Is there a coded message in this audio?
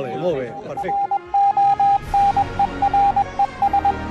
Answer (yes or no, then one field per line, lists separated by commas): yes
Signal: Morse code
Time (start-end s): 0.8-3.9 s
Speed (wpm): 21 wpm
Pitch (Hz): 800 Hz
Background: speech, music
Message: RONERES